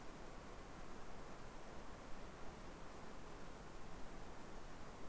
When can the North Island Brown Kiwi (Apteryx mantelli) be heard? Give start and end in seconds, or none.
none